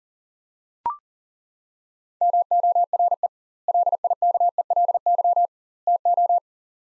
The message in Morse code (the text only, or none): MORE LIKELY TO